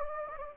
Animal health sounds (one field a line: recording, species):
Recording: mosquito wingbeat signal from an infrared sensor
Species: Anopheles gambiae